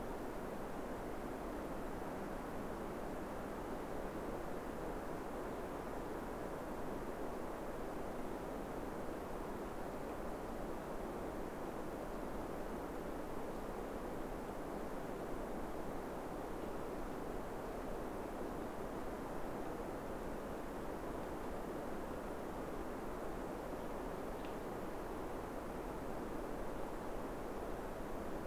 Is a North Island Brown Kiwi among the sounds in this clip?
no